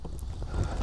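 A 15-inch windshield is pressed onto its mounting points on the fairing of a 2025 Harley Street Glide Ultra motorcycle before the Torx screws go in. A sharp snap at 0.2 s marks it seating, over low rumbling background noise with soft knocks around it. The windshield is confirmed snapped into place.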